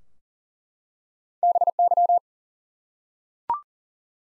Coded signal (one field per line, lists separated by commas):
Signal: Morse code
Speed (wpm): 37 wpm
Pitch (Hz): 700 Hz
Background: none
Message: BY